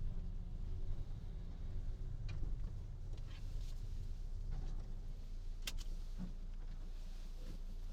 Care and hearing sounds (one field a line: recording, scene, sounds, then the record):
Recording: everyday scene through a hearing-aid microphone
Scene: in a vehicle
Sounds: engine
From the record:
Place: Berlingo II, diesel engine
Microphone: in the ear canal, right